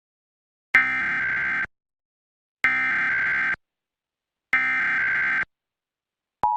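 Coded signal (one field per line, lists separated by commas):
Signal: Emergency Alert System (SAME) tones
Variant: header bursts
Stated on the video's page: Pennsylvania Required Monthly Test received as a real broadcast.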